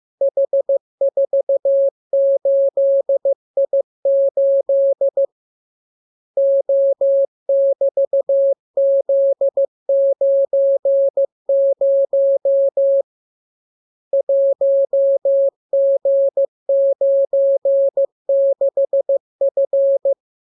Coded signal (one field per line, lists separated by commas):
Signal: Morse code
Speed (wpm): 15 wpm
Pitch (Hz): 550 Hz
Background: none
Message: H48I8 O<BT>Z90 1G96F